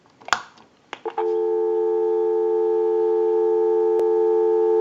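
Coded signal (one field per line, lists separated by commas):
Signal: telephone call progress tone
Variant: North America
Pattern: dial tone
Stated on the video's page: A JYDSK wood wall crank telephone during its initial checkout, repair and conversion.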